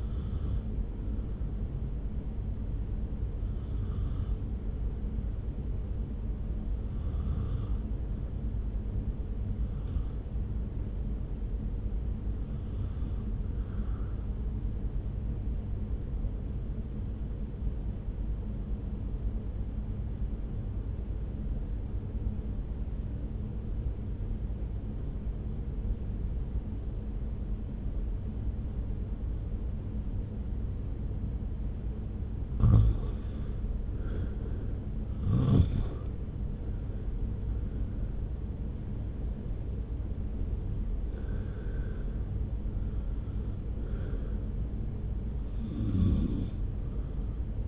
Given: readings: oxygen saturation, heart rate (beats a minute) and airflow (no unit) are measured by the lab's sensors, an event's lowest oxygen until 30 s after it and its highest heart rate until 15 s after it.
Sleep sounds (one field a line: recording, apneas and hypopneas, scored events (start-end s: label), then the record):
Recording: breathing in sleep by a smartphone at the bedside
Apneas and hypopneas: 1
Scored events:
16.00-32.00 s: obstructive apnea (N1, oxygen 96% highest, then 79% lowest)
From the record:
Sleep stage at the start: N1 (lightest sleep)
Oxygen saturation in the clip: 76 to 96%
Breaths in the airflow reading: 9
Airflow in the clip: -1.5 to 2.0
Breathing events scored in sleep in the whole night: 335 in 6.7 hours asleep